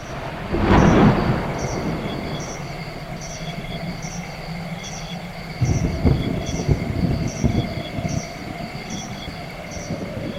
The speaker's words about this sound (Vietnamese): Tiếng sấm sét đì đùng vang lên sáng ló cả bầu trời đen kịt.